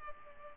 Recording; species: mosquito wingbeat signal from an infrared sensor; Culex pipiens